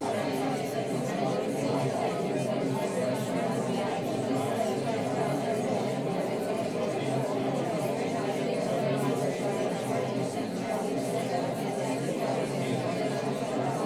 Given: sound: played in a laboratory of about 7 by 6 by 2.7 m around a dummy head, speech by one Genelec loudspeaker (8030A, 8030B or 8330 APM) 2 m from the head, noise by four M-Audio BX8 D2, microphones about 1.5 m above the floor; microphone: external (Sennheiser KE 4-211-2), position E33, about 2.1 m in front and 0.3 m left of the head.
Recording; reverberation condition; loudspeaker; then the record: babble noise; low; four, about 170 cm from the corners of the room and facing them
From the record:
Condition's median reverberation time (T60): about 310 ms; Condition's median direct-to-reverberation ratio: about 3.5 dB